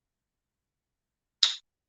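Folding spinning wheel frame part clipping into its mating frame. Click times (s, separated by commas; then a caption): 1.4 s. A frame part of a folding spinning wheel is snapped into its mating frame part during assembly, giving a single sharp click at 1.4 s after near silence, with bright energy mostly between about 1 and 8 kHz. The click means the parts are clipped together and seated.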